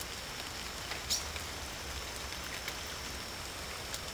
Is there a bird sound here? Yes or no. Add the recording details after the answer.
no. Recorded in secondary vegetation near Puerto Asís, Putumayo, Colombia, on 22 December 2024 at 18:00. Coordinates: 0.489, -76.322. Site G059